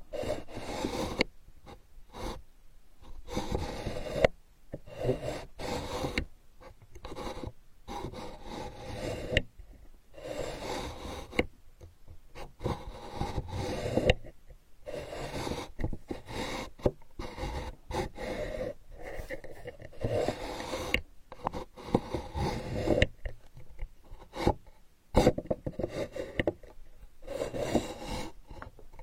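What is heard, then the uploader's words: Sandalwood is tapped and rubbed in quick, irregular bursts separated by short silences throughout. Each burst has a dry, scratchy, rasping quality with a warm lower body. A couple of sharper knocks stand out, near four seconds and again around twenty-five. Healing sandalwood tapping experience SPA.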